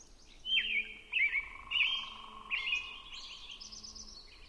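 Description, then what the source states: Robin singing a run of clear warbled phrases spaced under a second apart, then higher thin notes near the end, over a soft low hum. Recorded at 6 am on 20 June 2005.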